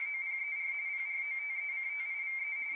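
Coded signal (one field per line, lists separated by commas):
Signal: RTTY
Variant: 45 baud, 170 Hz shift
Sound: steady warbling two-tone chatter, rapidly flipping between two close high pitches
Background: radio hiss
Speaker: läßt eine mp3-datei abspielen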